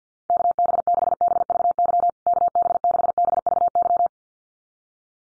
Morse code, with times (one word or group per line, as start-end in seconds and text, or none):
0.3-2.1 KB6BVY
2.3-4.1 KB6BVY